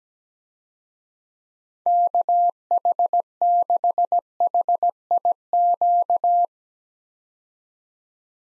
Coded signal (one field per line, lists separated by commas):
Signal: Morse code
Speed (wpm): 17 wpm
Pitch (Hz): 700 Hz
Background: none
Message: KH6HIQ